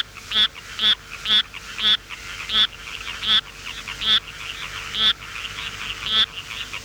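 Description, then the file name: Bumpy Rocket Frog call: a run of brief, ratcheting pulsed notes coming every half second to a second, the gaps lengthening. "Litoria inermis"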